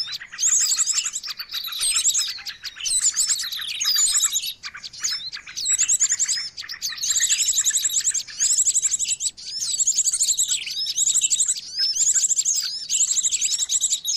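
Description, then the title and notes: Birds chattering noisily, long run of overlapping chirps and fast high trills in repeated bursts with brief lulls between them. Noisy bird sounds used to lure birds. "Burung Ribut Pikat"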